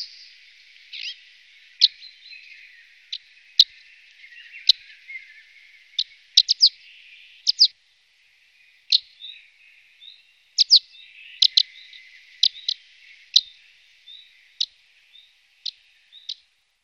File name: břehule skalní